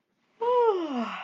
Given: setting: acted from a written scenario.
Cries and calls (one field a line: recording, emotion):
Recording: vocal sound without words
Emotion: contentment